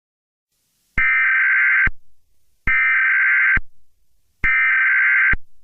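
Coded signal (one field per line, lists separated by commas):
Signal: Emergency Alert System (SAME) tones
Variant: header bursts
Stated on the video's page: A fictional EAS scenario, not a real alert.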